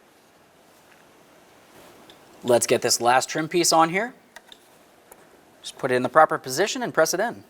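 The last plastic trim piece is positioned against a 2007-2012 Nissan Versa front door panel after the front door speaker replacement, ready to be pressed in so its clips snap home. Someone talks, with a few faint handling ticks between the phrases. Nothing has seated or clicked yet.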